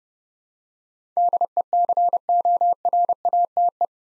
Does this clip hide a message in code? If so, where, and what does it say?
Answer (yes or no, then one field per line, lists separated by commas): yes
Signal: Morse code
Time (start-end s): 1.2-3.9 s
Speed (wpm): 28 wpm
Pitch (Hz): 700 Hz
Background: none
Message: DECORATE